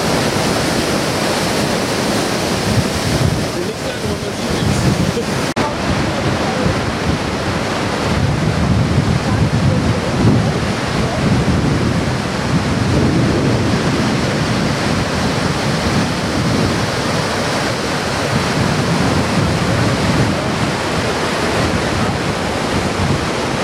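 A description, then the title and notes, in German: The Rhine Falls at Schaffhausen roar in a dense, unbroken rush of falling water that fills the whole range from deep rumble to bright hiss. The loudness holds nearly level for the full length, with only slight swells and gusty wind buffeting underneath. Der Rheinfall in Schaffhausen Schweiz.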